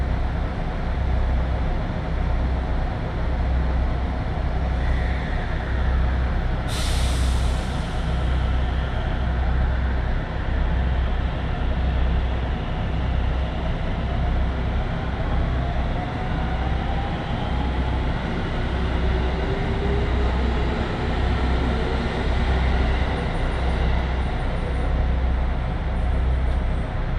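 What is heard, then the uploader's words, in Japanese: A Tokaido Line local train rumbles steadily with a pulsing low drone, a sharp hiss near seven seconds, and faint gliding tones later. 東海道本線各駅停車 豊橋→西岡崎。最近は運用も減っている311系特有の加速感が分かると思います。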